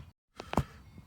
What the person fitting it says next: All right, so that's seated, that's in place.